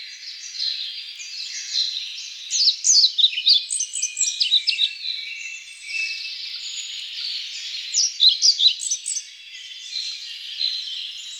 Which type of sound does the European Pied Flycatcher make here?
song